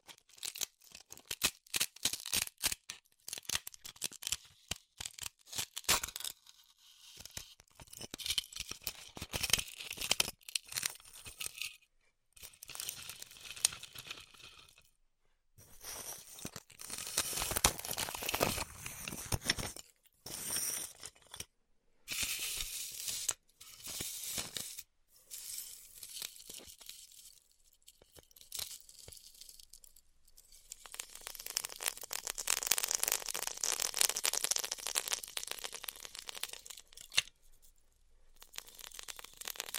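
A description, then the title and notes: Styrofoam being heat cut, with bursts of dry crackling and scratchy tearing sounds that start and stop irregularly. The first few seconds bring rapid clicking snaps, followed by longer, denser stretches of hissing friction separated by brief silences, with a steady bright hiss near the end. ASMR Styrofoam Heat Cutting (No Talking).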